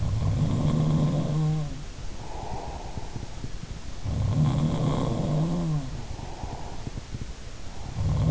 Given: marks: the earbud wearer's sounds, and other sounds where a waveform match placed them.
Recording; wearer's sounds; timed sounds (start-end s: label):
sounds in sleep by an in-ear microphone; breath
0.00-1.99 s: sound from someone else or the room
1.99-3.73 s: breath
3.91-8.31 s: sound from someone else or the room
6.03-8.21 s: breath